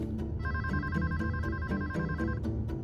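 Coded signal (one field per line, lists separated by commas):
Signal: none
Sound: telephone ringing tones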